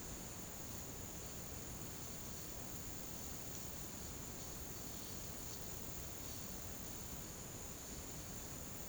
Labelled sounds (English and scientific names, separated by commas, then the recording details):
none
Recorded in pastures near Puerto Asís, Putumayo, Colombia, on 13 March 2025 at 15:00
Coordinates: 0.486, -76.323
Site G075